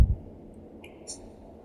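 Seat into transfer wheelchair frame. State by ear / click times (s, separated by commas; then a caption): not seated / none. The seat of an electric transfer wheelchair is handled as it is set onto the two holes on the frame, with a low thump at the start, a brief faint tick at 0.8 s and a soft rustle around 1.1 s. Nothing has seated or locked onto the chair frame yet.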